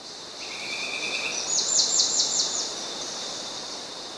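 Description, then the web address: Russet antshrike calling a quick run of several high, thin notes after a brief steady tone, with constant high hiss behind. Recorded in Ecuador. "S America Birds of Ecuador. Russet Antshrike"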